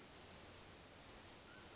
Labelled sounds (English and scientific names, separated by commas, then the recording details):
Mountain Quail (Oreortyx pictus)
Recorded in Sonoma County, California